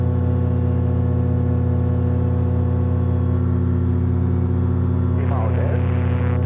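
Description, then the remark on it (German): A motor glider's engine and propeller drone steadily and loudly at full throttle while climbing at about 95 km/h, with a strong low hum and evenly stacked harmonics that never change pitch; a voice briefly speaks over it near the end. “Ich habe den Motor jetzt ungefähr 5 oder 6 Minuten laufen lassen, bin relativ hoch gestiegen.”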